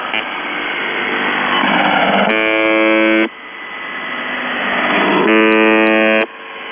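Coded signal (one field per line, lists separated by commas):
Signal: channel marker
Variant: UVB-76 (The Buzzer)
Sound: hissy shortwave static broken by two harsh one-second buzzes about three seconds apart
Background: radio static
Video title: The Buzzer/UVB-76(4625Khz) January 3, 2022 13:01UTC Voice message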